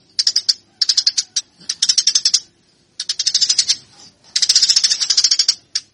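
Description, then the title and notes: Eurasian tree sparrow giving bursts of quick, harsh chirps in several separate runs, with short silences between. Fighting call used as master training audio for cage birds. "MASTER GEREJA TARUNG 1. burung gereja"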